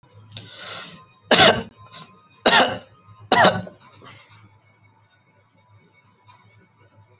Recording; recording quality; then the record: heavy voluntary cough; moderate, slight background noise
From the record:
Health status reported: healthy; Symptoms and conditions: none ticked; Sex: male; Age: 26 years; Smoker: not ticked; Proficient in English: yes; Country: India